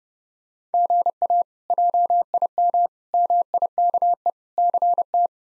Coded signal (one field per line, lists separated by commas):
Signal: Morse code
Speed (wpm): 32 wpm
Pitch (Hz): 700 Hz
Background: none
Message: GA JIM MIKE CT